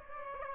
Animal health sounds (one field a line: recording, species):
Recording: mosquito wingbeat signal from an infrared sensor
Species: Aedes aegypti